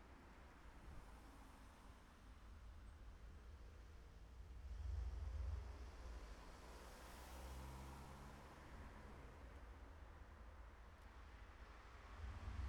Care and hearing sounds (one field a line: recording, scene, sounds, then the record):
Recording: everyday scene through a hearing-aid microphone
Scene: in traffic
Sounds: traffic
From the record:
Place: city secondary road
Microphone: behind the ear, left, front